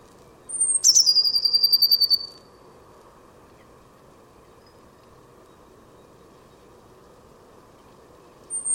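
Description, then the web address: Bird calling once with a high piping note that drops into a pulsed, buzzy descending trill; a second call just begins at the very end, with quiet hum throughout. "cianscape birddata Deverinetal 2025 Bird Only Cy Ca"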